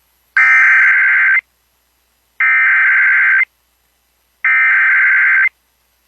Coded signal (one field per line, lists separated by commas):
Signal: Emergency Alert System (SAME) tones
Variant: header bursts